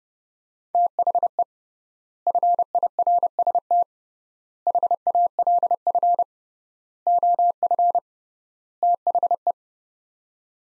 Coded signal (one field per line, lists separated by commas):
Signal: Morse code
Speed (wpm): 30 wpm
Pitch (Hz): 700 Hz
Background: none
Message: THE FIRST HALF OF THE